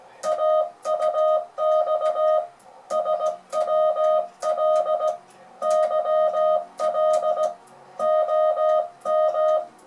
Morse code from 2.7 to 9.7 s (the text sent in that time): SWL YL OM